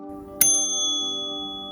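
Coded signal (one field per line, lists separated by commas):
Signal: bell signal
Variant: railway block bell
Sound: a single bright bell ding that rings on, over a low steady hum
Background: steady electrical hum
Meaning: One beat on the block bell calls attention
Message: 1 strike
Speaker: the linley's main signalman sends a single ring or a beat on the Block Bell to Vista and signal box to call attention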